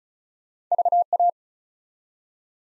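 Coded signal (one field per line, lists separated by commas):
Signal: Morse code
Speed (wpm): 36 wpm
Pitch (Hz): 700 Hz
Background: none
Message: VA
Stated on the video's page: ARRL section abbreviations sent at 35 wpm as a head-copy drill for Field Day contest exchanges, each sent twice.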